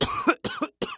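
A male cough: three short, separate coughing bursts in quick succession, each a harsh broadband burst of sound.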